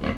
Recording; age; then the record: pig call; growing-finishing pig (85 days or more)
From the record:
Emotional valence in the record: positive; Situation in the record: enriched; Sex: female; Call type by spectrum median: low-frequency call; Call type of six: low-frequency stable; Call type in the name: low-frequency stable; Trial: 4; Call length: 0.17 s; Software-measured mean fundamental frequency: 58 Hz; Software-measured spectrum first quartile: 189 Hz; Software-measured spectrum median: 455 Hz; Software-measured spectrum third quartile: 1158 Hz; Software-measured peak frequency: 225 Hz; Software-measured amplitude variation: 187 dB a second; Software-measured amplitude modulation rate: 14.7 a second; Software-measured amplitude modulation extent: 12.7 dB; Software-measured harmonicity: 1.2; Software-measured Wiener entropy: -1.20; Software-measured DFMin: 613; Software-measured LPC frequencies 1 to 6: 371, 1172, 2044, 2852, 4349, 6124 Hz